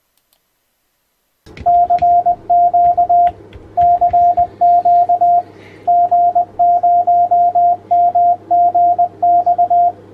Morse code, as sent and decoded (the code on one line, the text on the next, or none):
-.-. --.- / -.-. --.- / --. ----- -- --. -..-
CQ CQ G0MGX